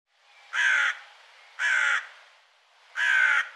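Bird giving three harsh, raspy cawing calls, each about half a second long, spaced roughly a second apart, with quiet between.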